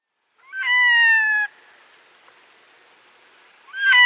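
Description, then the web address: Red-throated diver giving a display call, a clear, slightly falling harmonic wail of about one second, then quiet before a second wail begins at the end. "Schulze Peter Red-throated Diver display"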